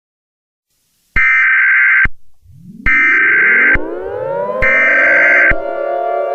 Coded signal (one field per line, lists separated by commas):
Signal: Emergency Alert System (SAME) tones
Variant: header bursts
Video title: EAS Scenario Special Littteral Nightmare